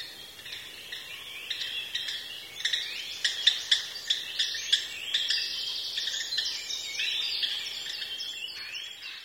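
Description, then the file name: Japanese grosbeak calls, a dense chatter of short high chirps and clicks from about two seconds on, continuing steadily. "ikaru"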